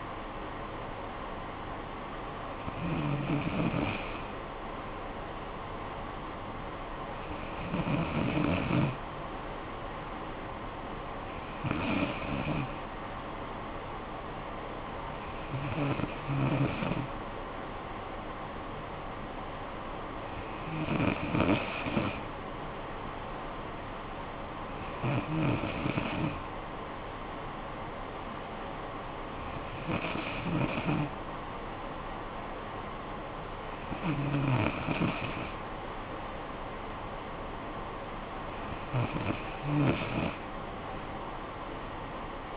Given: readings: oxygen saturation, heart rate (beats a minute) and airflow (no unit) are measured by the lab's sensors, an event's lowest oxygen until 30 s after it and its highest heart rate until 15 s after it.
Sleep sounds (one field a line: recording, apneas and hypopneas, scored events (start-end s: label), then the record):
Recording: breathing in sleep by a voice recorder at the bedside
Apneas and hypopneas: none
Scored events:
none scored
From the record:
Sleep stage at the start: N2 (light sleep)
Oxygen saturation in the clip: 93 to 94%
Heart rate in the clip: 55 to 62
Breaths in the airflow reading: 9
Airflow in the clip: -9.6 to 6.2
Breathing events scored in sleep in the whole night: 445 in 7.6 hours asleep